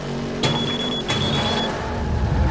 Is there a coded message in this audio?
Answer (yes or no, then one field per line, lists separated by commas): no